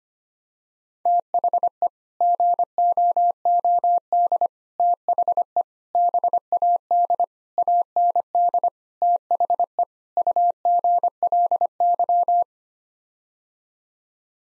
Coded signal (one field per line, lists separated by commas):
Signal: Morse code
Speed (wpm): 25 wpm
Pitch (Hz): 700 Hz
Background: none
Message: THE GOOD THE BAD AND THE UGLY